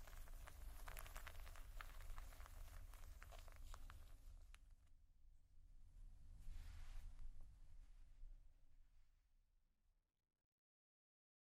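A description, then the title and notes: Slow, deep, soft scratching over a low rumbling bed. For the first five seconds dense crackly strokes come thick and fast, then ease off, with one broad swell of scraping around seven seconds before the sound fades out near ten seconds into silence. Slow, Deep & Soft Scratching (No Talking).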